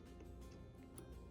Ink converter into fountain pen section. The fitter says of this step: and they click in place.